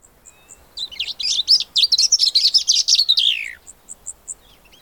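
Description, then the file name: Cape grassbird song: a fast, loud run of scratchy high notes lasting about three seconds, ending in a falling slur, with soft repeated high ticks before and after. "Cape Grassbird (Sphenoeacus afer)"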